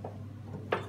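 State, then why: Not seated. The plastic maintenance/capping station assembly of an Anajet Sprint printer is handled as it is pressed down toward its locating pegs in the printer frame. A soft bump near the start and a sharper knock at about 0.7 s stand over a steady low hum. Nothing has seated or clicked into place yet.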